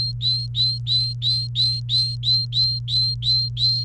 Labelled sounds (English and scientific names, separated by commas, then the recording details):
Domestic Canary (Serinus canaria) song
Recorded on 30 April 2018 at 08:26
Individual llb3